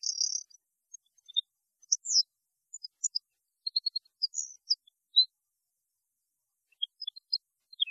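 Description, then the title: European goldfinch singing quietly, opening with a buzzy trill, then a chain of tinkling, liquid notes, a pause, and a final brief twitter. "Chant Chardonneret"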